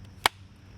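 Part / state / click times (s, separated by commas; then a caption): folding stock latching on the rifle receiver / seated / 0.3 s. The polymer Zhukov folding stock of a Definitive Arms DAV-74SR rifle is folded after the empty rifle was dropped, and it latches onto the receiver. Against a quiet background, a single sharp, bright click sounds at 0.3 s. The stock locks into place and still works fine after the drop.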